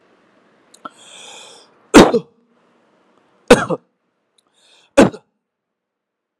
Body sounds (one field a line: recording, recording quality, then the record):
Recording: heavy voluntary cough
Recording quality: excellent, no background noise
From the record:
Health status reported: COVID-19 positive, mild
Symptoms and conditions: cough, sore throat, fever, muscle pain, loss of smell and taste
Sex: male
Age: 38 years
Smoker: not ticked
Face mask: not worn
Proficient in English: yes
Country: India